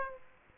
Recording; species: mosquito wingbeat signal from an infrared sensor; Aedes aegypti